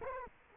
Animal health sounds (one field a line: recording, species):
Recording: mosquito wingbeat signal from an infrared sensor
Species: Culex quinquefasciatus